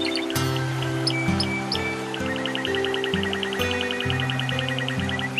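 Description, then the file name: Canary giving a few high chips, then a long rapid trill of evenly repeated notes, accompanied by low, steady droning tones. Canary song mixed with nature sounds. "suara kenari dan suara alam"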